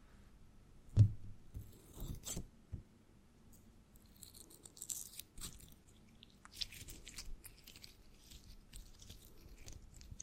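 Crinkling, tapping and scratching sounds come in irregular bursts, with a sharp low thump near the first second and several crisp taps before three seconds. From about four seconds on, dense rustly crinkles and scratches continue unevenly, bright and crackly, with no steady rhythm.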